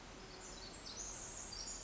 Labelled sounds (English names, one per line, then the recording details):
Pacific Wren
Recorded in Sonoma County, California